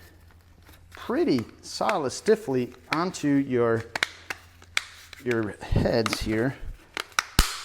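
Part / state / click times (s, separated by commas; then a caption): brush accessory head onto shop vacuum wand / seated / 7.2 s. A plastic brush accessory head is pushed onto the wand or hose end of a Ridgid NXT shop vacuum while someone talks, and it snaps into place with a sharp click at 7.2 s. The head ends up seated firmly and tight on the wand.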